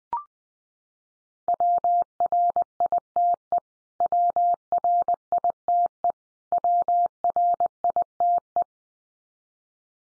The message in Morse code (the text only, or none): WRITE WRITE WRITE